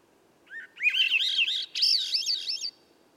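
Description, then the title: Swainson's thrush song: a short low note, then breathy flute-like phrases spiralling upward in pitch, ending in rapid high rising-and-falling trills, about two seconds long. At dusk by a campsite, 3 m up in a red alder ~9 m away at a cut clearing's edge among young western hemlock and redcedar; other birds silent; 15-minute performance; MixPre6, Pluggy microphone. "A Swainson's Thrush Gift"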